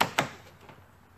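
An Oracle LED side marker light's wiring connector on a Camaro is plugged back into the car's wiring harness connector after a colour check. Two sharp hits sound at 0.0 s and 0.2 s, then fade to quiet. The connector is seated and plugged in.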